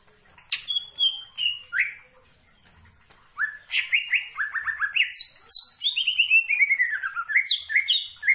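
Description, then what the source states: Greater green leafbird song: loud whistled notes, a short pause, then a fast, continuous medley of chirps and slurred descending whistles. Singing actively, described with the Indonesian term gacor.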